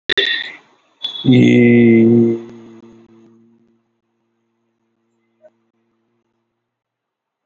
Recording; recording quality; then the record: sustained vowel as in beet; excellent, no background noise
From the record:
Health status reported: healthy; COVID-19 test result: not tested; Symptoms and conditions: none ticked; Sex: male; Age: 41 years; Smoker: not ticked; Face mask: not worn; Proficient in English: yes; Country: India